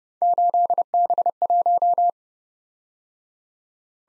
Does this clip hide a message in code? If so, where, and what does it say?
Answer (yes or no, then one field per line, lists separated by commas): yes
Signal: Morse code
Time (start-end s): 0.2-2.1 s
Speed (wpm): 29 wpm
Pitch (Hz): 700 Hz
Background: none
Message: 8B1